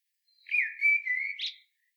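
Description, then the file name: Common blackbird giving a single rich, warbling whistled phrase that finishes in a brief, thin, higher twitter. "Turdus merula"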